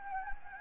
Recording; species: mosquito wingbeat signal from an infrared sensor; Anopheles gambiae